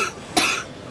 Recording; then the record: coughing mixed with background sound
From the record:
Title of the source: 64 coughing, allergies, singing lungs